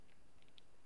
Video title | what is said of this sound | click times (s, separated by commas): Testování jednotlivých štringů u 50kw FVE | poslouchejte, cvak a | 0.6 s